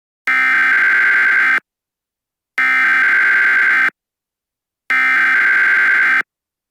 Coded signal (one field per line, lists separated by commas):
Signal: Emergency Alert System (SAME) tones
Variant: header bursts